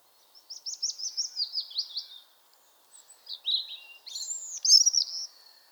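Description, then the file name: European robin phrase opening with a run of quick repeated high notes, a pause, then tumbling warbles and bright whistled flourishes. "Erithacus rubecula"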